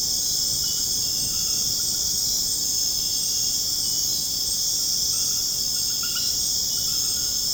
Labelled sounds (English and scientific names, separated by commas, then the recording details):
none
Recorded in dense forest near Puerto Asís, Putumayo, Colombia, on 25 June 2025 at 19:30
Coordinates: 0.486, -76.317
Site G065